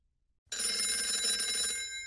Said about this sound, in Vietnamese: Điện thoại trong túi Vi rung lên từng hồi. Vi mở máy bấm nút nghe.